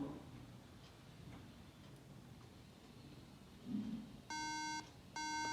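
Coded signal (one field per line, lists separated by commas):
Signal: beep code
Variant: Apple Mac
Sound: quiet room, then two half-second buzzy beeps, the second cut off at the end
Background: quiet room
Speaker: है और ये कंट्रीन्यूट्री करता रहेगा और मेरा डिस्प्ले नहीं आ रहा है तो दोस्तों इसका मेन रीजन इसके बिहाइंड एसडीओ प्रेम जो रैम आपने सिक्स की है वह सही तरीके से नहीं लगी हुई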